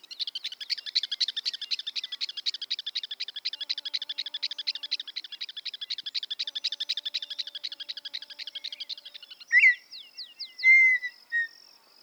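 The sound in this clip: Campo miner delivering a long, rapid chattering series of bright notes for about nine seconds, then a few loud, sharp whistled notes, with a faint low tone beneath.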